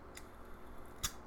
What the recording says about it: I have asthma. You can hear me puff my inhaler that's my inhaler.